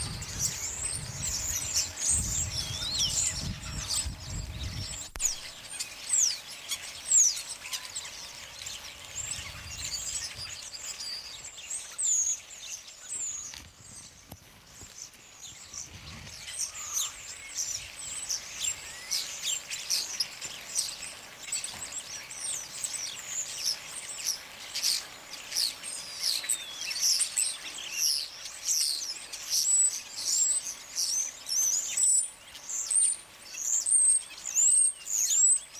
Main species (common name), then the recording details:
European Starling. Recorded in the wild. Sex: male. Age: adult. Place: Wolgast, Mecklenburg-Vorpommern, DE. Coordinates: 54.0536, 13.7739. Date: 1983-09-19 12:36. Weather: overcast, 16°C. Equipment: Nagra SN, Sennheiser MKH 416 T, Kopie Uher 4000 Report Monitor. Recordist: Tembrock, Günter